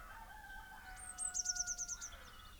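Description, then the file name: Eurasian blue tit: a thin high whistle followed by a rapid, even trill, with a long, steady lower tone running beneath. "Cyanistes caeruleus"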